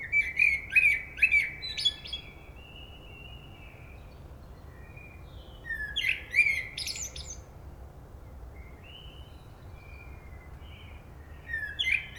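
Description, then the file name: Common blackbird song: three separate phrases of mellow whistles and high scratchy twitters, spaced roughly five to six seconds apart, the last cut short. "Turdus merula"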